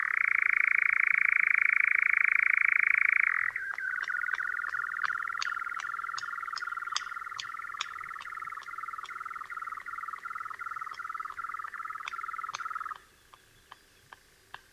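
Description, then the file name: European nightjar churring, a rapid mechanical purr that drops in pitch after about three seconds, then continues with sharp clicks over it until stopping near thirteen seconds. "LELEK KOZODOJ"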